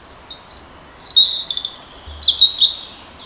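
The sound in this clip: European robin singing thin, high, liquid whistles and warbled trills. The phrases jump between pitches and tumble quickly one after another.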